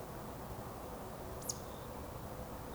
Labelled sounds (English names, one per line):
Eurasian Woodcock whistle